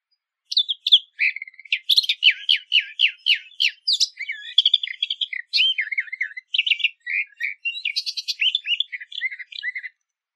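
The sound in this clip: Eastern Orphean warbler song, a long rapid run of varied chattering notes that shift in pitch throughout.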